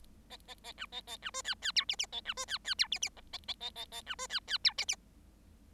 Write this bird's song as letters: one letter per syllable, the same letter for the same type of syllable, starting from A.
A A A B A A B C D D E F F A B C D D E F F G A A A A A B C D D E F F